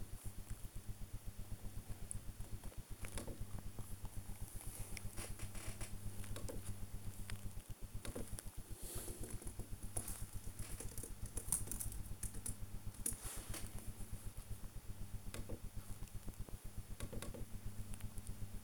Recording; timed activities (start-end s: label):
household activities, microphone on the right wrist
0.00-18.64 s: working on the computer